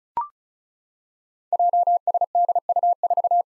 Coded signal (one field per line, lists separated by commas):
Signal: Morse code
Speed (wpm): 36 wpm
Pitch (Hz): 700 Hz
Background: none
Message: JSDU4